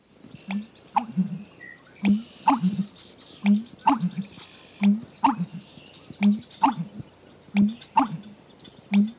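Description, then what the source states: American Bittern pumping song, deep gulping low notes each followed by a sharp percussive knock, repeated steadily about every second and a half. Male; made as he gulps and expels air; sounds like wonk-a-chunk, like an old-fashioned pump; second syllable percussive, likened to driving a stake.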